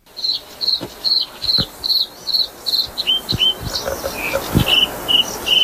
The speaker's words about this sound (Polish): Co to za ptaszek? Coś się z rana pobudzało do życia i to był podróżniczek. Taki ptak dosyć ładny, który żyje w ścinowiskach.